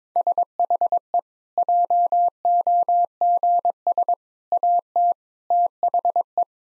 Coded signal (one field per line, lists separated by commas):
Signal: Morse code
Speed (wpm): 22 wpm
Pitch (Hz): 700 Hz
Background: none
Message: SHE JOGS AT THE